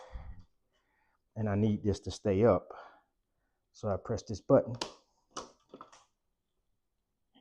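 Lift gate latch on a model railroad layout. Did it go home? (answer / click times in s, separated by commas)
yes / 5.7 s, 5.8 s, 5.9 s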